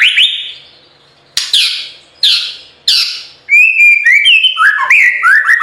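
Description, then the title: White-rumped shama singing: four harsh raspy notes, then a flowing series of bright, slurred whistles. Training recording (masteran) of full, continuous rolling song (ngerol) with sharp, forceful phrases (nembak). "Masteran Murai Batu Full Ngerol Nembak"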